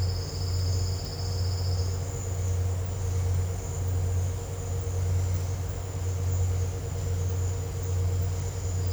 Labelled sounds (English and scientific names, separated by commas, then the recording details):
none
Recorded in dense forest near Puerto Asís, Putumayo, Colombia, on 19 March 2025 at 12:30
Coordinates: 0.468, -76.322
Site GP01